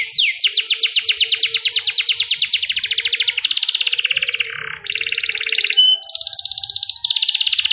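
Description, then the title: Canary song opening with a long run of rapid descending sweeps that merges into fast buzzy trills, a brief pure whistle, then a high rattling trill. Kenari mewah in cengkok style, a long-duration song with a special pleasing style. "Cengkok Kenari Mewah. Kenari mewah durasi panjang. Cengkok enak gaya istimewa"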